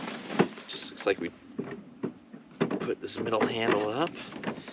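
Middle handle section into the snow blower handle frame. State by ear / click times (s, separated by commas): not seated / none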